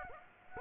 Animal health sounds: mosquito wingbeat signal from an infrared sensor; Aedes aegypti

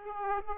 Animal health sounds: mosquito wingbeat signal from an infrared sensor; Aedes aegypti

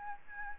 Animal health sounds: mosquito wingbeat signal from an infrared sensor; Aedes albopictus

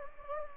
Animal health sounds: mosquito wingbeat signal from an infrared sensor; Anopheles gambiae

